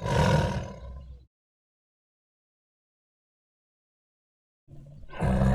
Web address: tiger growl